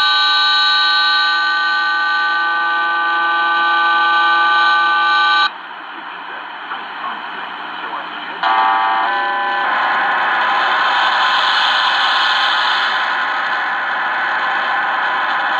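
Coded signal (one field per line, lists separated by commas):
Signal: numbers station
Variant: HM01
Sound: chord of steady data tones, short drop, then stepping tones and dense warbling multitone hiss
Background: radio static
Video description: Here is some audio from HM01, the Cuban Spy Numbers station with WBCQ heard underneath it on 9330 KHz.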